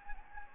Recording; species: mosquito wingbeat signal from an infrared sensor; Anopheles gambiae